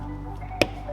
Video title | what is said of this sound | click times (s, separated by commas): How to replace your 2013-2021 Infiniti QX60 side view mirror - ReveMoto | that click again | 0.6 s